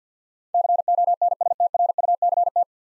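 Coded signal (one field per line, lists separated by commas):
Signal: Morse code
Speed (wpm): 48 wpm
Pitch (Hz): 700 Hz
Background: none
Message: CONSTRUCT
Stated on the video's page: Morse practice of nine-letter words at 50 wpm, each sent, spoken, then sent again.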